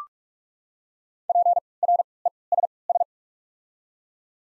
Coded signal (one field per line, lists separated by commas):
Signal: Morse code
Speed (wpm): 44 wpm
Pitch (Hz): 700 Hz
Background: none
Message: P R E S S